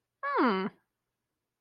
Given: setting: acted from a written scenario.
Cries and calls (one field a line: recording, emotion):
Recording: vocal sound without words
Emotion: interest